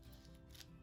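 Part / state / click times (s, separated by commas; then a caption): scrubber brush attachment into drill / not seated / none. A plastic power-scrubber attachment shaft is handled and pushed toward a cordless drill's chuck adapter, giving soft scraping and rustling with brief brighter bursts around 0.3 and 0.6 seconds over a steady low tonal background. Nothing has seated or clicked yet.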